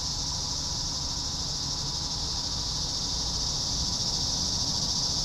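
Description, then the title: Cicadas droning in a continuous high-pitched buzz, steady and unbroken, over a soft low background hum. "neoscenes: cicadas"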